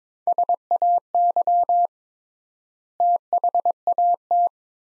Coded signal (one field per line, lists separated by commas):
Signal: Morse code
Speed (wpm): 22 wpm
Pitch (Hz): 700 Hz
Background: none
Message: SAY THAT